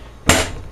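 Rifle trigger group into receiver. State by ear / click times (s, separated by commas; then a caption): seated / 0.3 s. During reassembly of a Norinco SKS Type 56 semi-auto carbine, the trigger group is pushed down into the metal receiver, with wood in place because it sits on the metal. A single sharp, bright click rings out at 0.3 s and decays over about a quarter second against a quiet background. The trigger group's latch has clicked and it is locked back in place.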